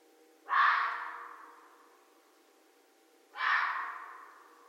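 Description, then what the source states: Red fox barking twice, harsh and hoarse, about three seconds apart, each call trailing away slowly. Recorded 13 January 2012.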